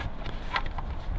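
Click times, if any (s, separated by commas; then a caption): 0.6 s. A plastic brake light bulb holder with its new bulb is pushed into the rear lamp housing of a 2021 Citroen C3 and turned a little clockwise. It locks in place with a sharp click at 0.6 s, and a few fainter ticks follow. The holder is seated.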